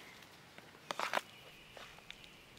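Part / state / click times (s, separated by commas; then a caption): fixed-blade knife into polymer-insert sheath / seated / 0.9 s. A Hogue EX-F01 5.5-inch fixed-blade knife is pushed into its polymer-insert sheath until it locks in place. Soft scuffs lead into a sharp click at 0.9 s, followed by a short burst of bright sliding clatter and a few faint ticks afterward. The knife seats in the sheath.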